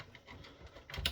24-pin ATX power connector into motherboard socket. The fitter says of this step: Push it down until you hear the click of the locking tab.